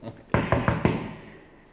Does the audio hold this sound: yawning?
no